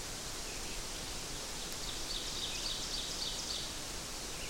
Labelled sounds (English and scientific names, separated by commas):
Ovenbird (Seiurus aurocapilla) song